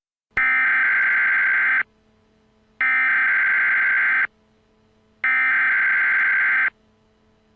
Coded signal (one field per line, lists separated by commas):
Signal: Emergency Alert System (SAME) tones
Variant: header bursts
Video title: EAS Global Alarm on WDR